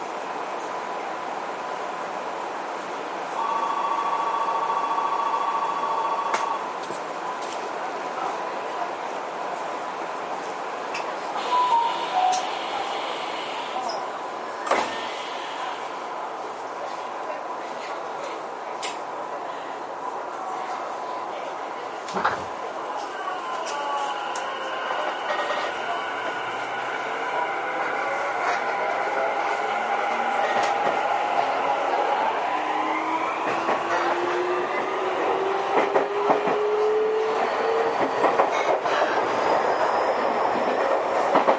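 Inside a Tokyu 5050 series train on the Toyoko and Minatomirai lines, a steady rumble of running carries throughout. Thin whining tones rise and fall with the motors, a few sharp clicks and knocks punctuate it, and a louder tone sweeps upward near the end.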